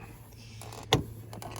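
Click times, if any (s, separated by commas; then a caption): 0.9 s. A plastic retaining clip holding the interior door card in the car door frame of a BMW E46 is released as the door card is pulled away from the door, starting at the bottom. After faint handling noise, the clip pops out of its hole with one sharp, loud pop at 0.9 s. Softer ticks follow as the panel comes free, over a steady low hum.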